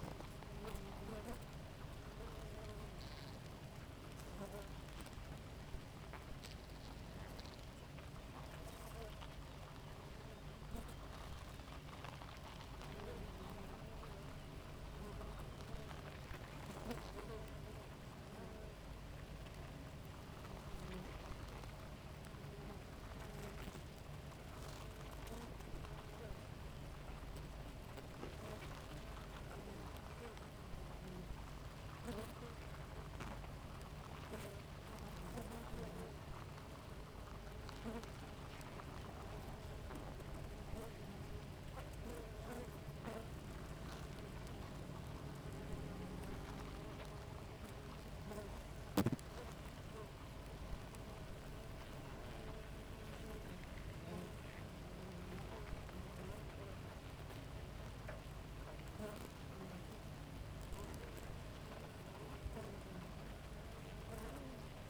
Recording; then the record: honeybee colony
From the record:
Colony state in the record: active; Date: 28 July 2017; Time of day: 5:10